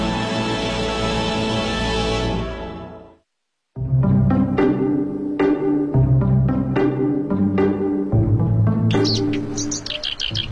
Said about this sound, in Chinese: 我叫黑眉尾鹰，尾就是芦苇的尾，是翁科尾鹰属的鸟类。